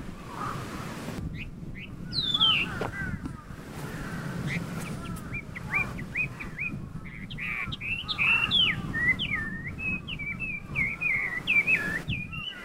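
Chinese hwamei singing a long, varied run of whistled notes, some slurred and rising, others clipped, growing denser toward the end over a low background rumble.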